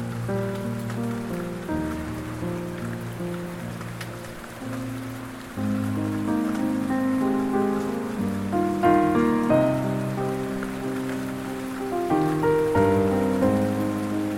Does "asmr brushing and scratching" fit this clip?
no